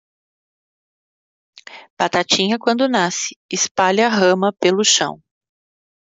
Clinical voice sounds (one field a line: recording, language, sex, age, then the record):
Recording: short text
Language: Brazilian Portuguese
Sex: female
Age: 50 to 59 years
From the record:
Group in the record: control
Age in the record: 55 years